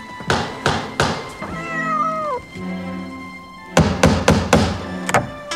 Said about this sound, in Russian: Подходит к двери в подворотню. Доктор постукивает по ней костяным набалдашником трости.